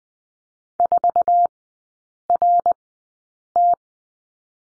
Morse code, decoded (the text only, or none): 4RT